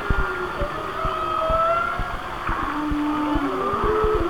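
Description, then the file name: Whale song: steady level whistles and short flat tones, some descending, over regular low clicks. "Whale Songs- Mike Mc Donald"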